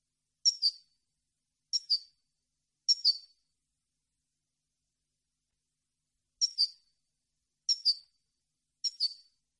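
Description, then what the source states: European goldfinch: high tinkling double chirps in two runs of three, a pause of several seconds between runs. Clean song on CD, for birds to copy as song training.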